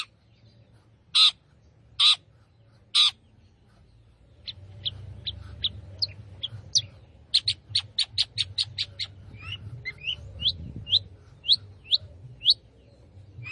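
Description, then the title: Long-tailed shrike with three loud, grating notes, followed by a long run of thin, high chirps and quick twittering phrases. Singing lively in the gacor style. "Cendet Gacor"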